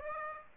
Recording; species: mosquito wingbeat signal from an infrared sensor; Aedes aegypti